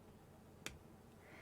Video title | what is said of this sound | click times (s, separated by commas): How to Crochet a Penguin – Quick & Fun Amigurumi Tutorial (Updated) | So we're going to take the plastic backs and just push them onto the stem of the safety eye until it clicks into place. | 0.7 s